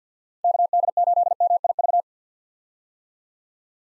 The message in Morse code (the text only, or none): KD8MIV